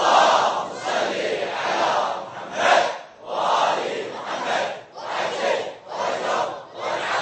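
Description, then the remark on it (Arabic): A large crowd chants salawat blessings together in unison. The loud rhythmic phrases rise and fall in repeated waves, with brief pauses between each collective call. The chant salutes the workers who restored and rehabilitated the schools. “وأرجو أن نوجه تحية أيضا للأخوة العاملين من الجماهير اللي حرصوا على ترميم المدارس وإعادة تأهيلها أيضا بأعلى أعلى الصلوات.”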